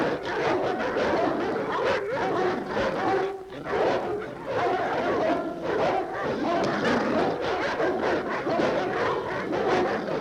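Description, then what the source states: Dogs barking together in a thick, unbroken wall of overlapping barks, with one short lull partway through. Multiple dogs barking.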